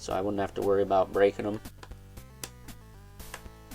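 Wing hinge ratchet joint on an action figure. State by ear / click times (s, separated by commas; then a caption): seated / 2.4 s. Someone talks over music, then the plastic wing hinge of a NECA Disney's Gargoyles Ultimate Brooklyn action figure is moved, and its soft ratchet joint, tweaked with a little soap to avoid breakage, gives a sharp click at 2.4 s. A few fainter ticks follow under the music as the wing pops into place and the joint is seated.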